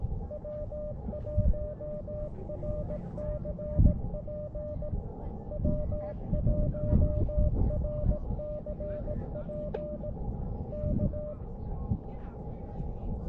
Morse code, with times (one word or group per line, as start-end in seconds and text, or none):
0.3-4.9 W1RCP
5.5-10.1 W1RCP
10.7-11.3 K